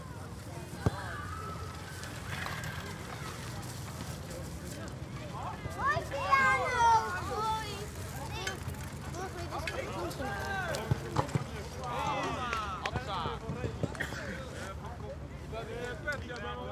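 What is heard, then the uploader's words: People playing soccer on public fields: shouting voices rise around six and again from ten to fourteen seconds, over steady low traffic rumble and occasional thuds. People playing soccer on public sports fields in Schiehaven, Rotterdam.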